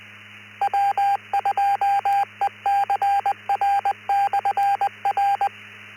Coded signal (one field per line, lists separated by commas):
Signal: Morse code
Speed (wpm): 20 wpm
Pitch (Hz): 800 Hz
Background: radio noise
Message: W2ECR/R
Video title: Ever have a job that required use of radio East Coast Reflector Tech Net 667 2026 06 09 20 00 25